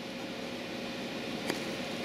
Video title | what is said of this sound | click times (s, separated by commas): DIY Micro Hydro Pt 2 Hoverboard Motor as Generator | Hear a pop when you pull it out. | 1.5 s